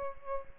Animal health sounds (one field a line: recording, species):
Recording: mosquito wingbeat signal from an infrared sensor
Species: Aedes aegypti